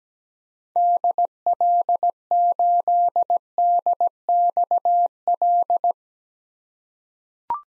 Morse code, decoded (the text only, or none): DL8DXL